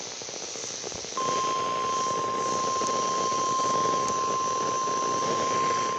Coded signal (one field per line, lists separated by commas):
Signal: Emergency Alert System (SAME) tones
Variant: 1050 Hz attention tone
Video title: New Hampshire Monthly Test on WNG575 and WZID (EAS #5)